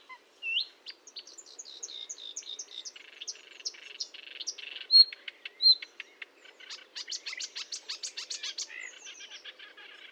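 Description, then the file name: Marsh warbler song: fast, restless chatter mixing clipped whistles and buzzy notes, ending in a quick run of evenly repeated rattling notes. Recorded at Fourneau, Fontaine-Française, France, on 1 June 2022 at 10:55, using a Nagra recorder with a Telinga dish. "Rousserolle verderolle 1055 Fontaine-Francaise-Fourneau"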